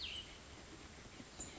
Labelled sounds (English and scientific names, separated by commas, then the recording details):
Cassin's Vireo (Vireo cassinii)
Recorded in Sonoma County, California